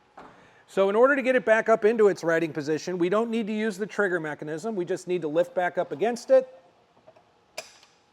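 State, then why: Seated. Someone talks while a Yakima StageTwo 2-bike platform hitch rack on a 2024 Nissan Rogue is lifted from its tilted-down position back up into riding position by hand, without using the trigger. A faint tick comes at 7.1 s, then the tilt latch gives a loud, sharp click at 7.6 s as it locks the rack into riding position on the hitch mount.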